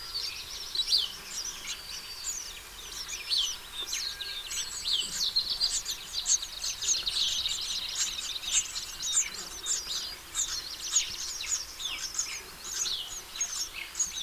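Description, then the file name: House sparrow chirping calls, busy flock chatter of sharp chirps and short notes, steady and overlapping for the whole stretch. "Passer domesticus"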